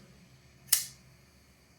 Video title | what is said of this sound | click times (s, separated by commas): Kubey Eclipse | we have a very um clicky and high-pitched, snappy upward sound. | 0.7 s